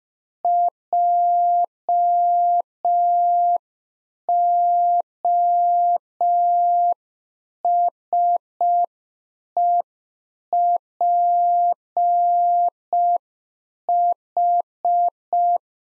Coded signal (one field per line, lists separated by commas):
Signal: Morse code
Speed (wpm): 5 wpm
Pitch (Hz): 700 Hz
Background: none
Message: JOSEPH